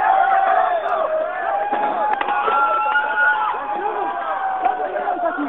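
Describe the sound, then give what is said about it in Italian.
A crowd charging forward in a simulated assault by police in Genoa, started by a siren, amid loud, continuous shouting and yelling, many voices overlapping in a constant chaotic roar, with a few sharp thumps breaking through. “Sirena partita la carica. Sentite.”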